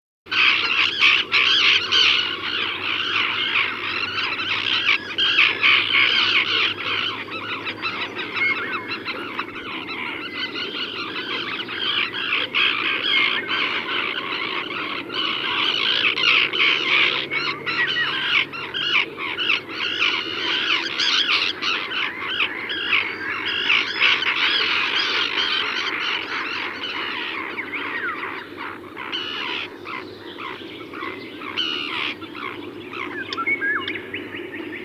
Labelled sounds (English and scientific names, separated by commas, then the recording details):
Common Tern (Sterna hirundo) call
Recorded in the wild
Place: Schönfeld, Brandenburg, DE
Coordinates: 53.396, 14.001
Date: 1988-05-15 05:59
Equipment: Nagra III BH, Sennheiser MD 21
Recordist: Schubert, Michael